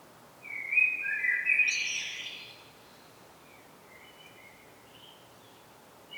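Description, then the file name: Common blackbird song: one low, fluty warbled phrase rising into a brief high twitter, followed by a few faint, thin notes and quiet background. "Turdus merula"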